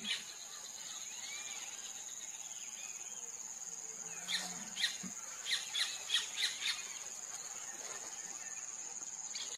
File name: Canto do pica pau de testa branca